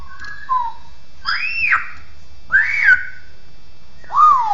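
Bird whistles: a few soft sliding notes followed by three louder arched whistles.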